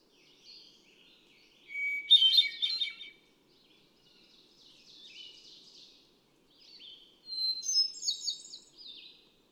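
Hermit thrush song: several fluty phrases, each a clear whistle breaking into rapid higher notes, two of them louder, over a faint low hum.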